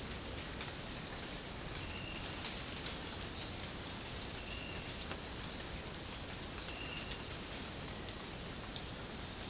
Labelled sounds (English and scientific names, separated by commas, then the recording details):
none
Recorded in dense forest near Puerto Asís, Putumayo, Colombia, on 24 March 2025 at 06:30
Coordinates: 0.485, -76.318
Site G056